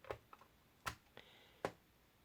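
While an N64 controller shell is reassembled, a screw is turned backwards in the plastic housing until it drops into the original thread. Small ticks sound around 0.1, 0.3, 0.9 and 1.2 seconds, then the loudest, sharpest click comes at 1.7 seconds as the screw seats in the thread, after which it is tightened.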